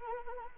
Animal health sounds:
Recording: mosquito wingbeat signal from an infrared sensor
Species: Anopheles arabiensis

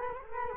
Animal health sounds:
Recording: mosquito wingbeat signal from an infrared sensor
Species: Culex quinquefasciatus

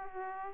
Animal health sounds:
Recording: mosquito wingbeat signal from an infrared sensor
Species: Aedes aegypti

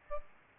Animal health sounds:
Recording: mosquito wingbeat signal from an infrared sensor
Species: Aedes albopictus

